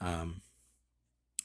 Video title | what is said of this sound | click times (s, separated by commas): Winchester Swing Guard Pocket Knife | Doesn't seem like it's gonna come unlocked or anything. | 1.4 s